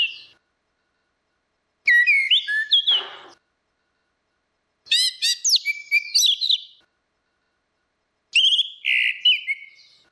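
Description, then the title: Orange-headed thrush song: the end of one phrase, then three varied phrases of whistled and slightly buzzy notes, separated by short silent pauses. "Burung Anis Merah"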